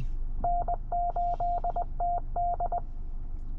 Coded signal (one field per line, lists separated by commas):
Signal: Morse code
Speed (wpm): 20 wpm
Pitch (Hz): 700 Hz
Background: radio noise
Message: N8TD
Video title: Easy Ways To Learn CW | Ham Radio Morse Code For All